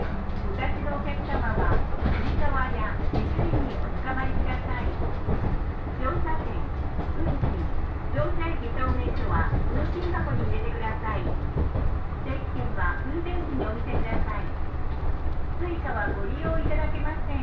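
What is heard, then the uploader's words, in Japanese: Onboard a train on the Tohoku and Kitakami lines, a low steady rumble runs throughout. Several voices chatter continuously over it, dense and overlapping, with no pauses. Occasional faint clicks and rattles from the carriage come through beneath the talk. 耳で楽しむ鉄道旅 東北本線・北上線 花巻→北上→和賀仙人。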